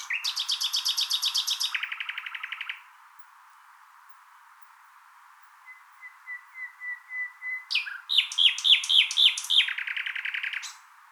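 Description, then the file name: Common nightingale song opening with a rapid high trill dropping into a lower rattle, then a quiet pause, soft swelling piping notes, and a loud burst of repeated chirps. "Luscinia megarhynchos"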